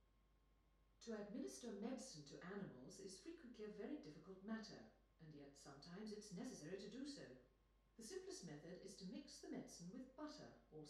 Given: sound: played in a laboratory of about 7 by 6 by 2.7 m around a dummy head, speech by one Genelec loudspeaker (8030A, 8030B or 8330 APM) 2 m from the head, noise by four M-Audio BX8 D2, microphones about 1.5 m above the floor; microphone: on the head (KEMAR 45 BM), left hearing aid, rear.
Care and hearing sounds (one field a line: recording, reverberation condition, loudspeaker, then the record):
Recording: female speech in English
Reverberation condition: medium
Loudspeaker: 120 degrees to the right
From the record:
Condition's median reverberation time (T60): about 510 ms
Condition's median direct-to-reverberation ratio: about -0.5 dB